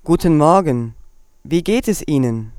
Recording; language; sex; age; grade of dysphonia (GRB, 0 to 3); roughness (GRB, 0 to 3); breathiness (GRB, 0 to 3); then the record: spoken sentence; German; female; 20 to 29 years; 2; 2; 0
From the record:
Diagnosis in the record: psychogenic dysphonia, hyperfunctional dysphonia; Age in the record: 29 years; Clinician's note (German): Zweitaufnahme nach logop. Therapie